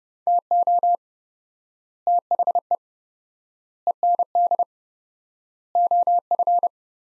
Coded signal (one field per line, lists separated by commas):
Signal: Morse code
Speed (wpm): 30 wpm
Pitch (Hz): 700 Hz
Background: none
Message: TO THE END OF